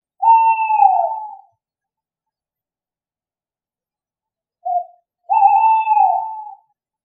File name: Tawny Owl